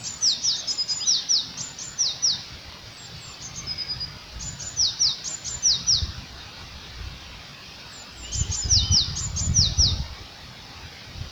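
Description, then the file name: Eurasian blue tit calls: several bursts of very high, thin, descending notes over low background noise. "Cyanistes caeruleus"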